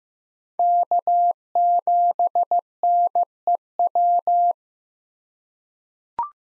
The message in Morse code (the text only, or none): K7NEW